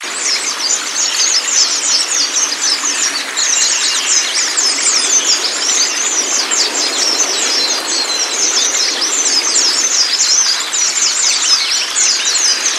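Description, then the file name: White-eye song: an unbroken stream of bright, high chirps and short downslurred notes, steady in loudness throughout, with background hiss. Song therapy meant to get the bird to open its beak and sing. "pleci terapi buka paruh"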